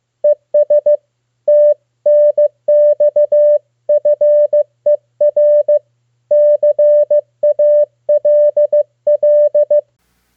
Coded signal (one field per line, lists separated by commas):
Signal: Morse code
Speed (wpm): 15 wpm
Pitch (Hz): 590 Hz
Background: none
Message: ES TNXFER CALL